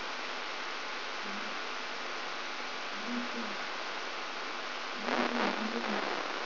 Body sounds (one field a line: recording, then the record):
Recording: brain microelectrode recording played as sound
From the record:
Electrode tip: outside the subthalamic nucleus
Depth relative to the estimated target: -6 mm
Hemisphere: right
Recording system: AlphaMap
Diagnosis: Parkinson's disease